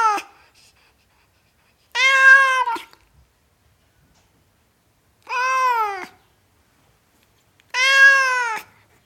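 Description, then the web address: Cat giving repeated meows, four in all with the first cut off, a few seconds apart, each rising then falling, with silence between. Tom cat meowing. "BBC Cats Mewing. tom cat meowing"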